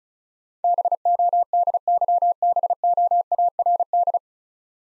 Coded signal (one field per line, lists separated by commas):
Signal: Morse code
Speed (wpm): 35 wpm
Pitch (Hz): 700 Hz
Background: none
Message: BODYBOARD